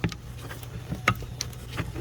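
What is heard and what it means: A brown plastic wiring harness connector is pushed onto an engine sensor on a 2014 Jeep Grand Cherokee 3.6L V6 during an oil filter housing adapter and oil cooler replacement. Faint ticks and handling noises sit over a low steady hum, then a loud sharp snap comes at 1.1 s. The connector is seated.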